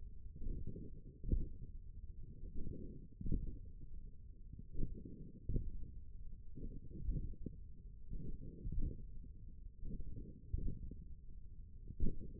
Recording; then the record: forearm muscle sounds (acoustic myography)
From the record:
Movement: tripod grip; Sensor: system 1, eight BSWA MPA416 microphones around the upper forearm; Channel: 7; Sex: male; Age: 28 years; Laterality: right